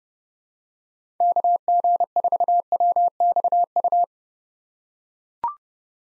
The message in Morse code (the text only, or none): KG4WXU